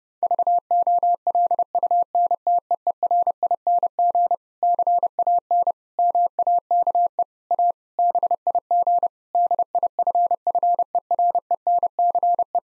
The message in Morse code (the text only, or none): VOLUNTEERING CAN MAKE A BIG DIFFERENCE